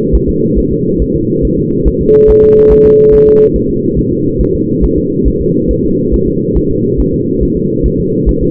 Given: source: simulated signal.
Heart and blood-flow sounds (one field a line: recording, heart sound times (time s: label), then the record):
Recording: fetal heart sounds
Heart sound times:
0.15 s: S1
0.29 s: S2
0.59 s: S1
0.72 s: S2
1.02 s: S1
1.16 s: S2
1.45 s: S1
1.59 s: S2
1.88 s: S1
2.01 s: S2
2.30 s: S1
2.44 s: S2
2.72 s: S1
2.86 s: S2
3.14 s: S1
3.28 s: S2
3.56 s: S1
3.70 s: S2
3.99 s: S1
4.12 s: S2
4.41 s: S1
4.55 s: S2
4.84 s: S1
4.98 s: S2
5.28 s: S1
5.41 s: S2
5.71 s: S1
5.85 s: S2
6.14 s: S1
6.28 s: S2
6.57 s: S1
6.71 s: S2
7.00 s: S1
7.14 s: S2
7.43 s: S1
7.57 s: S2
7.86 s: S1
8.00 s: S2
8.29 s: S1
8.43 s: S2
From the record:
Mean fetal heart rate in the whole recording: 140 bpm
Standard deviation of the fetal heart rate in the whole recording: 2 bpm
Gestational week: 34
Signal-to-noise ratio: -11.2 dB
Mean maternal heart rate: 72 bpm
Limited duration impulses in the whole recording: present